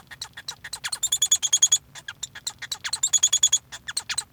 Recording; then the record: song of a male Bengalese finch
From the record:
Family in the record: son of father 1